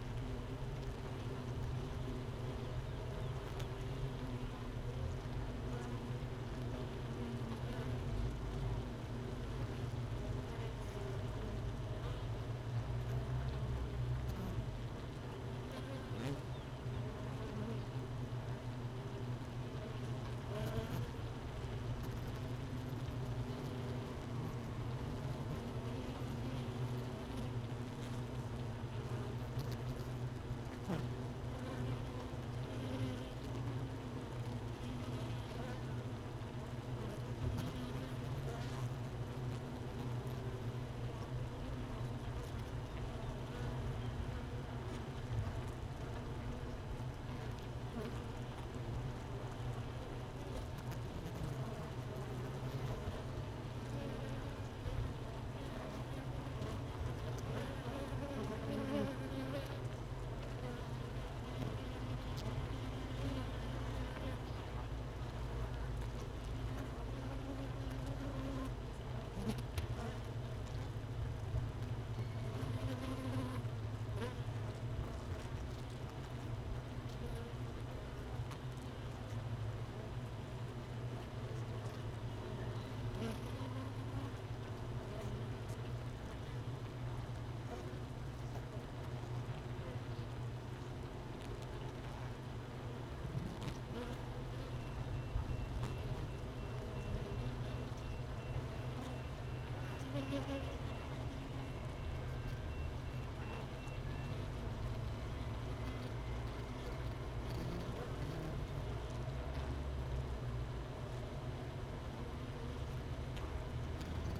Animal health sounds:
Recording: honeybee colony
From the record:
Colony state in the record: missing queen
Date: 31 May 2018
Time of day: 13:24

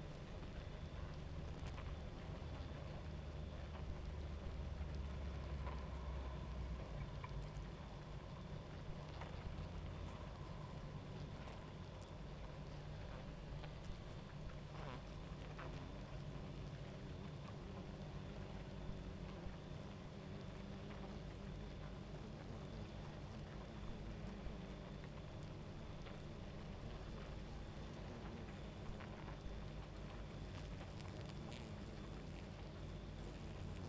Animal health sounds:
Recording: honeybee colony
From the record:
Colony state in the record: active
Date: 28 July 2017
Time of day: 23:42

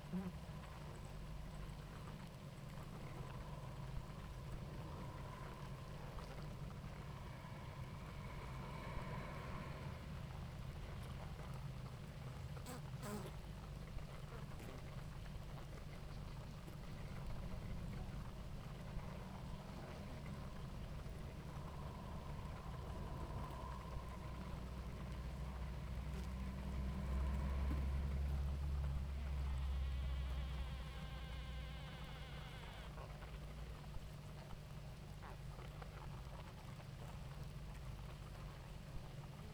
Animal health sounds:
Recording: honeybee colony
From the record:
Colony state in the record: active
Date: 28 July 2017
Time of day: 18:47

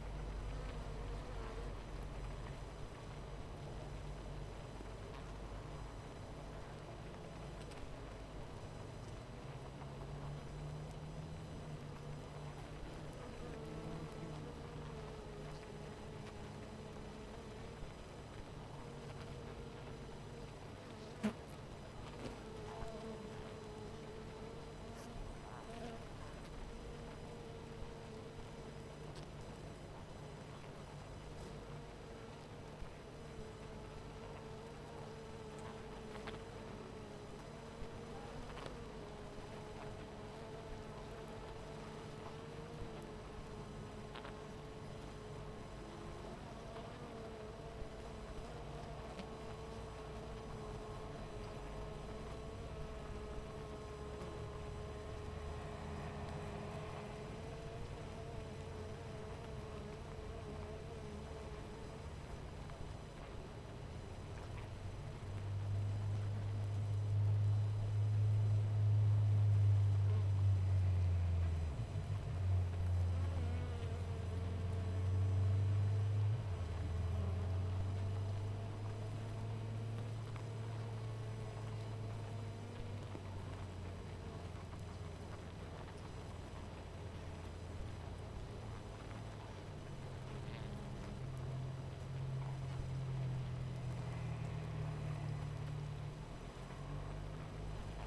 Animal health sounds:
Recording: honeybee colony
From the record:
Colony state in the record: missing queen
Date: 14 July 2017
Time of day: 18:27

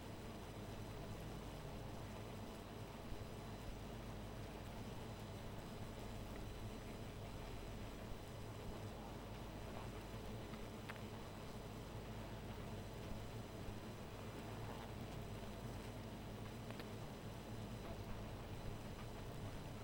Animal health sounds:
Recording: honeybee colony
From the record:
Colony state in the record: missing queen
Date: 14 July 2017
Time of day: 2:42

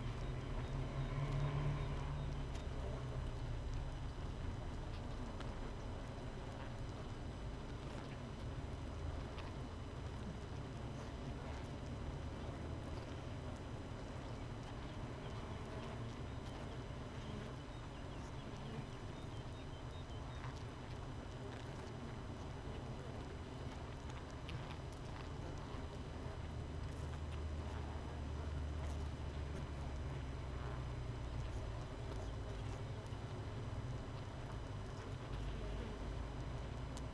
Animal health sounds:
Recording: honeybee colony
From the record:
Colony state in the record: missing queen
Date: 31 May 2018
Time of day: 5:47

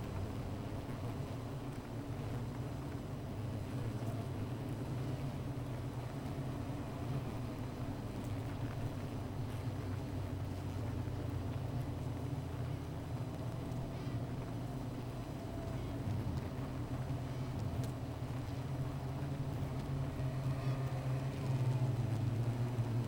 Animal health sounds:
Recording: honeybee colony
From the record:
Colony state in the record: missing queen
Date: 14 July 2017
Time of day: 15:19

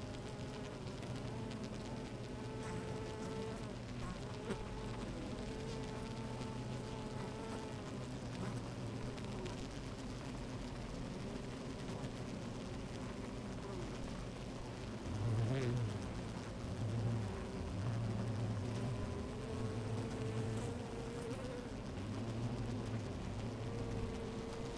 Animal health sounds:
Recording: honeybee colony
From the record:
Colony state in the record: active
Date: 28 July 2017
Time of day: 12:12

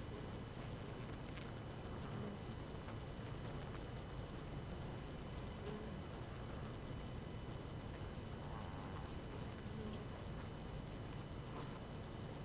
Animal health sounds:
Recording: honeybee colony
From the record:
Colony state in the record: active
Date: 12 June 2018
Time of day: 4:28

